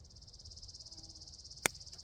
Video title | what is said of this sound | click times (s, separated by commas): Drip Irrigation Systems. s1e5 | Snap it into it, you'll hear it click. | 1.7 s